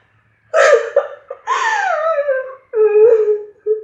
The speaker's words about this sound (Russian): Кто? Кто это плачет?